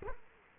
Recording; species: mosquito wingbeat signal from an infrared sensor; Culex quinquefasciatus